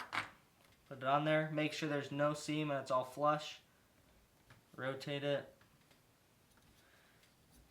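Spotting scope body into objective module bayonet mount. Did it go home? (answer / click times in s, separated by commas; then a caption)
no / none. A Swarovski 115mm spotting scope body is set onto the objective module's bayonet mount and rotated while someone talks, with a couple of short handling sounds near the start and a faint one around 4.5 seconds. The mount is not yet locked because the lock button has not clicked out, and nothing has seated or clicked yet.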